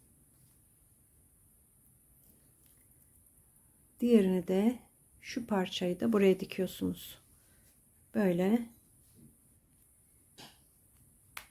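Someone talks while the second half of a small metal press-stud is sewn onto a crocheted doll accessory. The two halves are then pressed together, and a sharp, short click at 11.4 s shows the press-stud half snapping into its mating half, so the snap fastener is closed.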